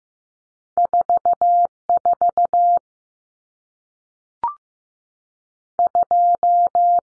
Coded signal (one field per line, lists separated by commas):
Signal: Morse code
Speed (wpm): 15 wpm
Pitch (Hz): 700 Hz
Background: none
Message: 44 2